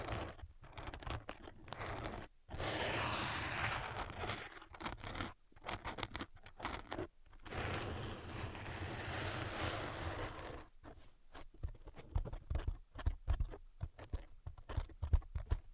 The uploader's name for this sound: Invisible Tapping and Scratching